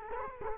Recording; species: mosquito wingbeat signal from an infrared sensor; Culex quinquefasciatus